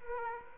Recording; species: mosquito wingbeat signal from an infrared sensor; Aedes aegypti